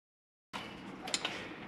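After about half a second of silence, a wrench works the nut on the steel threaded stud of the old sway bar end link on a 2003 Jeep Wrangler, during an adjustable sway bar link install, with a steady broadband grinding rasp. Sharp metallic clicks come at 0.6, 1.1 and 1.3 seconds as the nut strips, stops gripping and spins on the stud.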